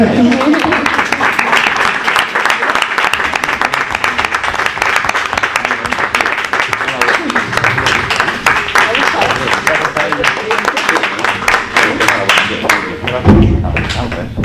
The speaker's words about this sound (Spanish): Un aplauso al autor.